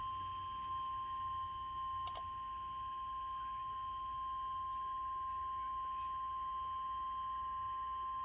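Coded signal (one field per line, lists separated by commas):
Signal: Emergency Alert System (SAME) tones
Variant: 1050 Hz attention tone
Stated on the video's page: Weekly test from a NOAA Weather Radio transmitter in Tampa, received via an online weather radio stream, read with a human voice.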